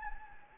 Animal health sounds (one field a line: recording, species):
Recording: mosquito wingbeat signal from an infrared sensor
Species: Anopheles gambiae